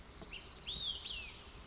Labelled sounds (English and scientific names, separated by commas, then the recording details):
Olive-sided Flycatcher (Contopus cooperi)
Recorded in Sonoma County, California